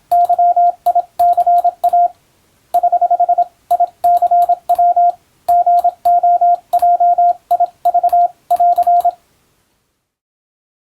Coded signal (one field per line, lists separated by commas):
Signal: Morse code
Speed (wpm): 26 wpm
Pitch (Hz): 700 Hz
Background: radio noise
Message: YICA <HH> ICW GOJIV <AR>